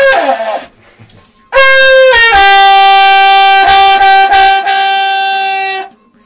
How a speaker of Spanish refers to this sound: Eso no es una bocina, sino que el Peñiga, que acaba de hacer sonar la trutruca. Intentando tocar la trutruca.